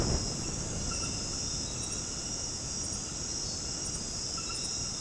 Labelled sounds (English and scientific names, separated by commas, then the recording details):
none
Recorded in dense forest near Puerto Asís, Putumayo, Colombia, on 19 February 2024 at 23:30
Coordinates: 0.486, -76.316
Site G6437